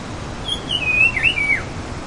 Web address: sikkim wedge billed babbler call